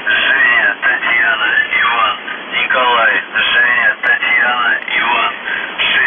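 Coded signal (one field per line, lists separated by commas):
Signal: numbers station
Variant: UVB-76 voice message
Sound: a voice reading words over a narrow, noisy shortwave channel, with short pauses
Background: radio static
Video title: The Buzzer/UVB-76(4625Khz) September 2, 2021 07:51UTC Voice message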